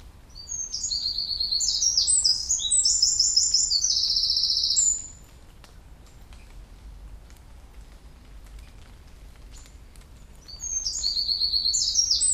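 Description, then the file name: Eurasian wren delivering a long, fast, high-pitched run of trills and buzzy notes for about five seconds, then a pause with low hum before another burst begins. "Troglodytes troglodytes"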